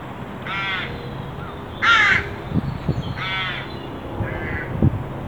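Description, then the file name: Carrion crow cawing, three hoarse calls and a softer fourth, with low knocks and thumps in the background. "Corvus corone"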